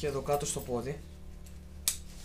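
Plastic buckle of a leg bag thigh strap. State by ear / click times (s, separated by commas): seated / 1.9 s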